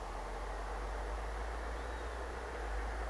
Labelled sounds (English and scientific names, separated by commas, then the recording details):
Northern Lapwing (Vanellus vanellus)
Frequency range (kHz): Northern Lapwing (Vanellus vanellus) 2.7-4.2 kHz
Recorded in France